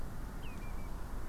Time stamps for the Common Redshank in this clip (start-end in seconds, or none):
0.42-0.88